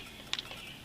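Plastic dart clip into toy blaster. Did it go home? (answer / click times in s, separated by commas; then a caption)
yes / 0.3 s. A plastic dart clip is pushed into a Mattel BOOMco Rapid Madness toy blaster from the left side, arrowheads pointing right, and it clicks into place at 0.3 s. A softer follow-up tick comes at about 0.4 s and another sharp tick near 0.9 s, over a quiet background. The clip is seated.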